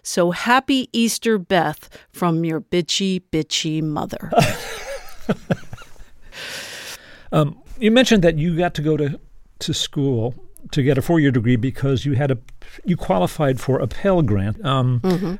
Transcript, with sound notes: So happy Easter, Beth, from your bitchy, bitchy mother.
(Laughter) You mentioned that you got to go to school to get a four-year degree because you had a - you qualified for a Pell Grant.